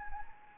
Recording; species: mosquito wingbeat signal from an infrared sensor; Anopheles gambiae